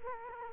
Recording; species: mosquito wingbeat signal from an infrared sensor; Culex quinquefasciatus